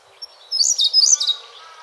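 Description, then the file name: Siberian blue robin song, a short bright phrase of quick high chirps in two rapid bursts, fading into faint background noise. Recorded 27 April 2008. "koruri 080427"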